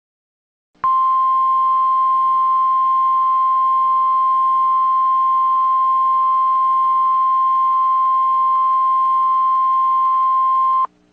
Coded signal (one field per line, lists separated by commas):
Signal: Emergency Alert System (SAME) tones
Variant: 1050 Hz attention tone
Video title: EAS Mock 56: Amber alert for Ellis, Rush and Trego KS.